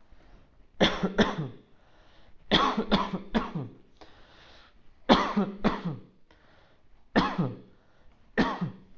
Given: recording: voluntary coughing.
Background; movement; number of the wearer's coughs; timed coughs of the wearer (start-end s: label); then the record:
quiet; sitting; 9
0.78-1.16 s: cough
1.16-1.47 s: cough
2.50-2.90 s: cough
2.90-3.26 s: cough
3.33-3.66 s: cough
5.07-5.56 s: cough
5.63-5.95 s: cough
7.13-7.52 s: cough
8.37-8.69 s: cough
From the record:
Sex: male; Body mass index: 20.5 kg/m2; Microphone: on the chest, facing outward